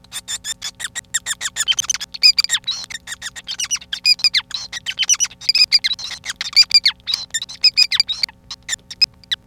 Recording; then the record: song of a male Bengalese finch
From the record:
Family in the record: son of father 5